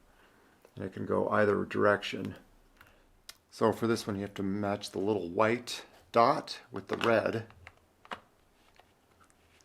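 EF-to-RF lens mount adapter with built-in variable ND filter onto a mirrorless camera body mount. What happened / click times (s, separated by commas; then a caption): Handled, not yet home: the mount adapter is being lined up but has not clicked in / none. A Commlite EF-to-RF lens mount adapter with a built-in variable ND filter is handled at the metal bayonet mount of a Canon R8 mirrorless body while the white dot on the adapter is lined up with the red dot on the camera. Someone talks throughout, with a few faint handling taps between phrases. Nothing has seated or clicked into place yet.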